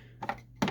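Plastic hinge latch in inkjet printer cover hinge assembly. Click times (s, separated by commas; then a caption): 0.6 s. While the top-cover hinge assembly of a Lexmark inkjet printer is lifted with a flathead screwdriver and its plastic latch is pressed, two soft clicks come at about 0.2 and 0.3 s. A sharp, louder snap follows at 0.6 s as the plastic hinge latch seats back into place.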